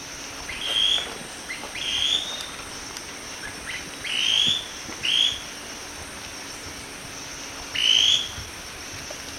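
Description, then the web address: Scale-crested pygmy-tyrant repeating short high whistled notes, five times throughout, over a constant background hiss. Ecuador. "Natures Songs S America Birds of Ecuador Scale-crested Pygmy-Tyrant"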